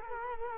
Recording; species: mosquito wingbeat signal from an infrared sensor; Culex quinquefasciatus